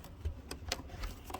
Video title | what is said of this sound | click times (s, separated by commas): Kid Installs a Curt 56161 Trailer Light Wiring Harness for 05-10 Honda Odyssey | just like that until you hear a click. | 0.7 s